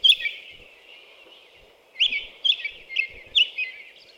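American robin song: one whistled phrase, a quiet pause, then a run of four or five slurred caroling notes.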